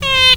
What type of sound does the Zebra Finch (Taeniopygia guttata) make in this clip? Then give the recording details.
distance call. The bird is a female. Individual fem11